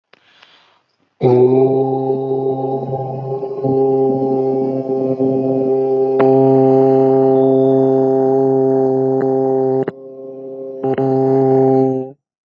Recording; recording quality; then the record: sustained vowel as in boot; excellent, no background noise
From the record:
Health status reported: healthy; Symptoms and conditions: none ticked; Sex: male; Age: 30 years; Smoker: not ticked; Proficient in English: yes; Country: India